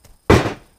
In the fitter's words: like that you can hear it click